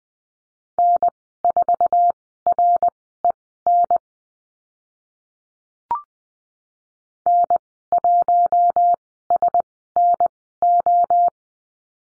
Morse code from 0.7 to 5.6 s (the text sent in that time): N4REN